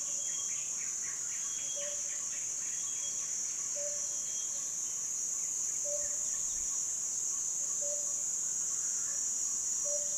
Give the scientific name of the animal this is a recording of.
Trachyphonus purpuratus